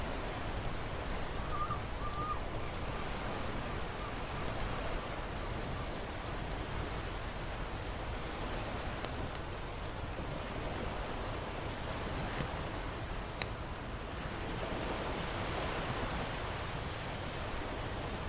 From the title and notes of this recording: Campfire with an Ocean View. The crackling of the flames dances in perfect sync with the gentle lapping of the ocean waves against the shore. The seagulls announce their presence with their distinctive calls, echoing across the vast expanse of the ocean. The fusion of the crackling fire, the ocean sound, and the seabirds' chorus.